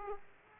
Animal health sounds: mosquito wingbeat signal from an infrared sensor; Aedes aegypti

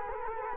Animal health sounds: mosquito wingbeat signal from an infrared sensor; Culex quinquefasciatus

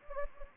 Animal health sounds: mosquito wingbeat signal from an infrared sensor; Anopheles gambiae

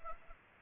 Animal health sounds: mosquito wingbeat signal from an infrared sensor; Aedes aegypti

